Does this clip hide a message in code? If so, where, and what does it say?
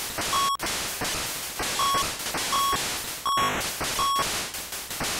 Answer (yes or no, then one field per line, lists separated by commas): no